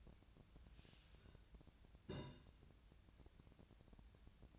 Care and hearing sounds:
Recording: daily activity, microphone in the room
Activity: take from stove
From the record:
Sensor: 2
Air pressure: 1009.8 hPa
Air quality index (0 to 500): 180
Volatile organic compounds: 10 ppm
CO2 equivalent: 2244 ppm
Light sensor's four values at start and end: 32/79/34/37 and 32/79/34/38

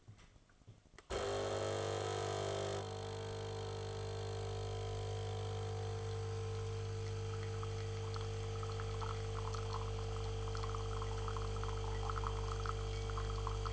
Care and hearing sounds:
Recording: daily activity, microphone in the room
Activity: make coffee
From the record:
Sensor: 4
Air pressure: 1015.5 hPa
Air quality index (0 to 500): 190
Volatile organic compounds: 9 ppm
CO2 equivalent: 2126 ppm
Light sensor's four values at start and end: 5/10/4/3 and 5/10/4/3

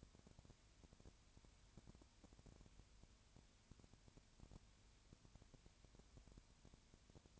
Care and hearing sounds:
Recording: daily activity, microphone in the room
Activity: no activity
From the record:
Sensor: 2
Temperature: 20.4 degrees Celsius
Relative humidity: 35.6%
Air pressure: 1007.1 hPa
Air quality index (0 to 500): 122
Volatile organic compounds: 2 ppm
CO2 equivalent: 1254 ppm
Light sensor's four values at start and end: 2/3/2/2 and 2/3/2/2

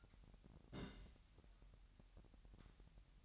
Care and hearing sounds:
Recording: daily activity, microphone in the room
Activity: place on stove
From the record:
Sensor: 3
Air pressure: 1001.9 hPa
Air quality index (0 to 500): 245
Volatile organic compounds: 48 ppm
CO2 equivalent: 3265 ppm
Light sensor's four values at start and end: 6/15/6/6 and 6/15/6/6

